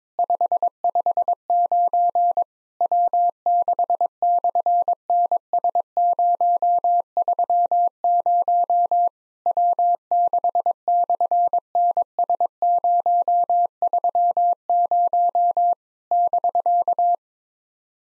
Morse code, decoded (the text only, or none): 559 W6/NS030 W6/NS030 <BK>